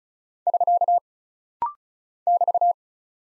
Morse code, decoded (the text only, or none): <SK> <BT>